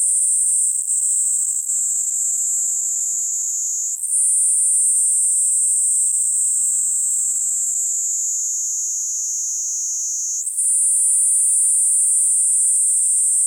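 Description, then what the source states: Kuroiwa's cicada singing a long continuous high buzz, stepping up in pitch twice with slow downward drifts in between. Recorded 19 April 2018.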